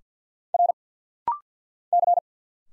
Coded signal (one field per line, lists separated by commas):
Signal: Morse code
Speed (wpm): 50 wpm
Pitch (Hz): 700 Hz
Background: none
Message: R C